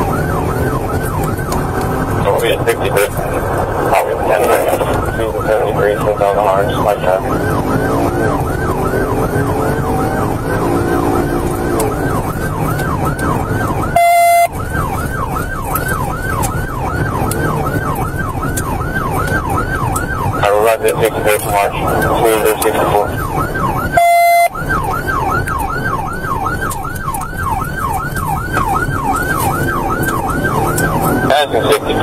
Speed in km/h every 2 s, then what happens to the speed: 119, 114, 114, 116, 127, 122, 119, 111, 108, 103, 98, 92, 81, 71, 74, 85.
4-8 speeds up to 127. 8-25 slows to 71.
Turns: none.